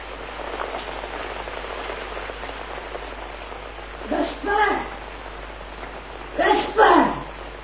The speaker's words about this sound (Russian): Да закрой дверь, Кадрус. Дождь хлещет в комнату.